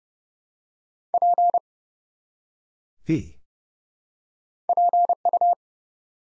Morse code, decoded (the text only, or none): P PU